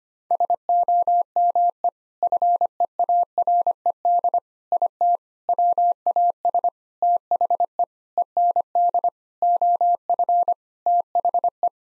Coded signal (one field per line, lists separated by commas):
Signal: Morse code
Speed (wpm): 25 wpm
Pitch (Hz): 700 Hz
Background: none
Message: SOME FEARED IT WAS THE END OF THE